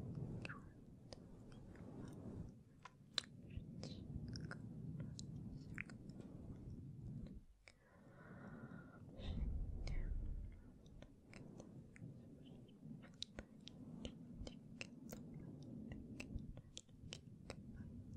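Soft, inaudible whispering runs almost throughout as a low, murmuring texture, dotted with frequent sharp clicks and taps from gentle mic touching. Around seven and a half seconds the sound briefly drops out, then a fuller, rumbling brush on the mic swells near ten seconds before the whispering resumes.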